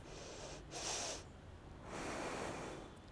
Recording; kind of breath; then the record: one breath in and out by a microphone near the nose and mouth; deep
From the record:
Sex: female